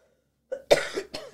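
A soft throat sound is followed by two loud, harsh, noisy cough bursts, the first strongest, in little more than a second. These are ordinary dry-sounding adult coughs heard indoors, with no wheeze or stridor between them.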